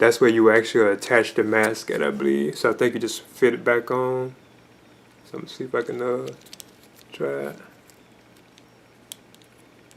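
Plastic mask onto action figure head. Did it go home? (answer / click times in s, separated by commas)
no / none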